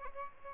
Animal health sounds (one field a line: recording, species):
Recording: mosquito wingbeat signal from an infrared sensor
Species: Aedes albopictus